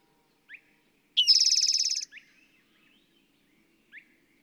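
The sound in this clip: Bird song: a loud buzzy pulsed trill near one second long, framed by brief rising whistled chips and soft faint notes.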